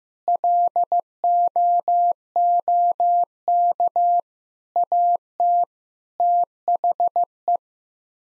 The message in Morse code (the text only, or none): LOOK AT THE